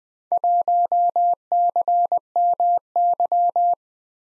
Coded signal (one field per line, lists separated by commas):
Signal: Morse code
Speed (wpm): 20 wpm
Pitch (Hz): 700 Hz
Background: none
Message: 1CMY